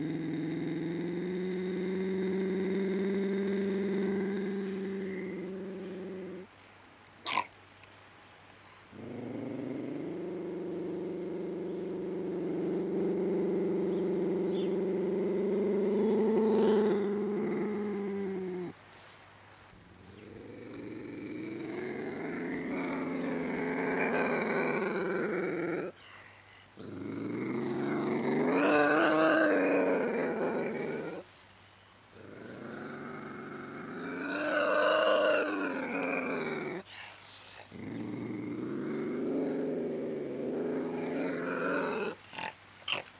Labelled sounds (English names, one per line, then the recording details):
Ocelot
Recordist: Tembrock, Günter